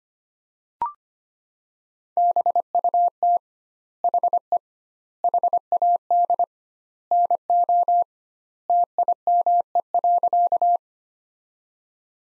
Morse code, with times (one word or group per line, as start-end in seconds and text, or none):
2.2-3.4 BUT
4.0-4.6 HE
5.2-6.4 HAD
7.1-8.0 NO
8.7-10.8 TIME.